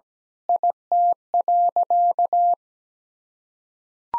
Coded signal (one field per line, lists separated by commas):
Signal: Morse code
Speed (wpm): 17 wpm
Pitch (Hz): 700 Hz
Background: none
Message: IT.